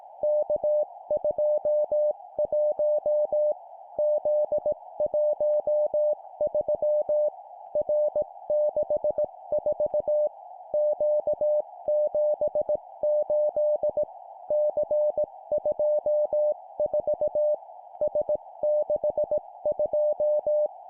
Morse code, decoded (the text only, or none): K21 Z13 R64 Q78 C24 S62